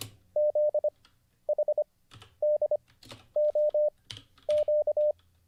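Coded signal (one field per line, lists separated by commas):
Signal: Morse code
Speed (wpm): 25 wpm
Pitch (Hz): 600 Hz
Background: none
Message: ZHDOQ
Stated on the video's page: Livestreamed Morse code (CW) learning lesson.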